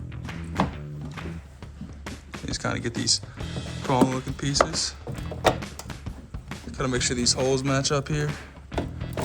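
Plastic prong clips are lined up with their holes in the trunk lid of a 2016-2024 Camaro during a ZL1 1LE style rear wing spoiler install, and pressed back into place; they go in much more easily than they come out. Someone talks over music with a few short thunks and taps. Nothing has seated or clicked yet.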